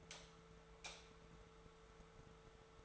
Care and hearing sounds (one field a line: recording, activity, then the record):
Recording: daily activity, microphone in the room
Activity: light off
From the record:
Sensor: 3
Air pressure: 1014.6 hPa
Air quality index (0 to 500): 181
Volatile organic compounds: 19 ppm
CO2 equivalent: 2647 ppm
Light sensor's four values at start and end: 45/114/49/52 and 43/106/46/49